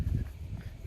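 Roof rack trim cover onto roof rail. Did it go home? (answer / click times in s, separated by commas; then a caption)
no / none. A plastic roof rack trim cover is pressed onto the roof rail of a 2013 Honda Odyssey minivan (2011–2016 model). Low, muffled thumps and handling noise are heard, with a brief faint knock near 0.6 s. The trim piece has not clicked into place yet.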